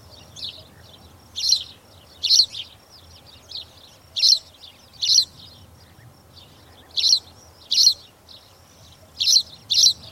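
Spanish sparrow calls, loud chirps at irregular intervals with softer chattering notes between.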